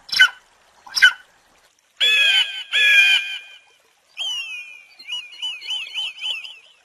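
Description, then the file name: Wedge-tailed eagle gives two short sharp yelps, then two harsh drawn-out screams, then a thin high whistle breaking into quick wavering, warbling notes. "canto da aguia audaz"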